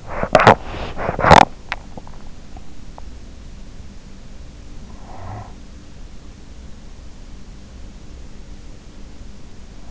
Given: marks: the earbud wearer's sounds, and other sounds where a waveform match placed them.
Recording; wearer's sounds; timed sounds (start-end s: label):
sounds in sleep by an in-ear microphone; teeth grinding, breath
0.00-1.98 s: teeth grinding
5.15-5.49 s: breath